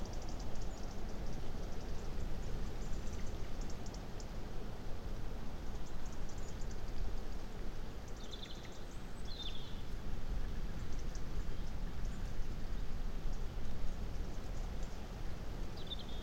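Wind sweeps across a wide open landscape, a steady low rushing roar that stays dense and rough throughout. Faint bird chirps poke through now and then, around eight to ten seconds and again near the end.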